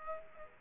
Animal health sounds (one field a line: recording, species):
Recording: mosquito wingbeat signal from an infrared sensor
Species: Aedes aegypti